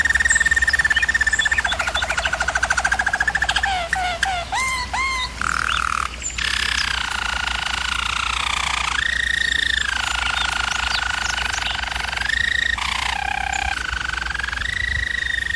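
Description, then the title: German Roller canary song of sustained rolls, rapid pulsed bursts and upswept whistles, then long tours stepping up and down in pitch, over a steady low hum. Canary training recording of a German Roller canary singing. "German Roller Canary Singing - Canary Training Vid"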